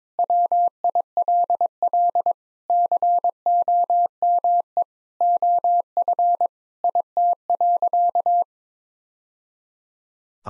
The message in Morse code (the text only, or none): WILL COME OF IT.